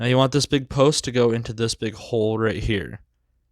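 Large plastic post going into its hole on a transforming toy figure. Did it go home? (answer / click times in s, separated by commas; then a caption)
no / none. Someone talks while handling a Transformers Generation Selects WFC-GS21 Sandstorm transforming toy figure, lining up its large plastic post to be pushed into its matching hole. Only speech is heard, and nothing has seated or clicked yet by the end of the clip.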